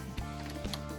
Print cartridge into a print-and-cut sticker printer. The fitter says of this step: and it clicks in place. Oh my god, that is about the easiest installation I've ever had to do.